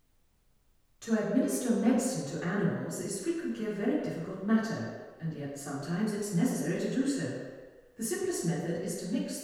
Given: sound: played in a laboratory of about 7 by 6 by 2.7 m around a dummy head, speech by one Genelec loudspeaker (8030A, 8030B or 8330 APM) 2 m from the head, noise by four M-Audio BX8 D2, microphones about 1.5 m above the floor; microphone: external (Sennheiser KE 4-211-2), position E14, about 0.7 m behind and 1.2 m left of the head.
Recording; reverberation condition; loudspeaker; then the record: female speech in English; high; 60 degrees to the right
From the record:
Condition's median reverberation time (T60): about 1300 ms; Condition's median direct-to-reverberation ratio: about -4.0 dB